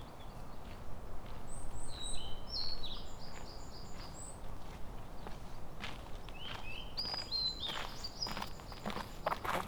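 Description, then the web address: Japanese tit calls: scattered high chirps and short buzzy series of repeated notes, with loud footsteps crunching throughout. Recorded 30 April 2017. "kotorinomori kotori shijukara"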